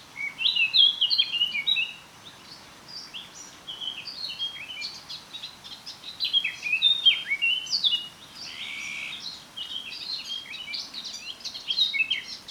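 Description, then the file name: Eurasian blackcap warbling continuously, a rich jumble of whistled and scratchy notes in fast varied phrases with brief pauses, over faint background noise. "Sylvia atricapilla"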